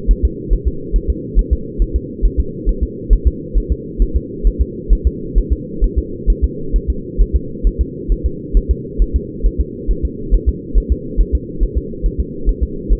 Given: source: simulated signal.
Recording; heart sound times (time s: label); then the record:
fetal heart sounds
0.11 s: S1
0.25 s: S2
0.53 s: S1
0.68 s: S2
0.96 s: S1
1.10 s: S2
1.39 s: S1
1.53 s: S2
1.82 s: S1
1.96 s: S2
2.25 s: S1
2.40 s: S2
2.69 s: S1
2.83 s: S2
3.13 s: S1
3.27 s: S2
3.58 s: S1
3.72 s: S2
4.02 s: S1
4.16 s: S2
4.47 s: S1
4.61 s: S2
4.93 s: S1
5.07 s: S2
5.38 s: S1
5.53 s: S2
5.84 s: S1
5.98 s: S2
6.30 s: S1
6.44 s: S2
6.76 s: S1
6.90 s: S2
7.22 s: S1
7.36 s: S2
7.67 s: S1
7.81 s: S2
8.12 s: S1
8.26 s: S2
8.57 s: S1
8.71 s: S2
9.02 s: S1
9.16 s: S2
9.46 s: S1
9.61 s: S2
9.91 s: S1
10.05 s: S2
10.34 s: S1
10.49 s: S2
10.78 s: S1
10.92 s: S2
11.21 s: S1
11.35 s: S2
11.63 s: S1
11.78 s: S2
12.06 s: S1
12.20 s: S2
12.49 s: S1
12.63 s: S2
12.93 s: S1
From the record:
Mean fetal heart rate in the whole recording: 135 bpm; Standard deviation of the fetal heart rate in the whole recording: 3 bpm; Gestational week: 36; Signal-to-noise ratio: -4.3 dB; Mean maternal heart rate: 72 bpm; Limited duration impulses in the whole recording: absent